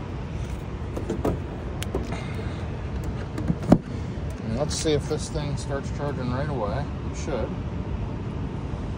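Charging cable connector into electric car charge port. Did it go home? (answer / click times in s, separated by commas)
no / none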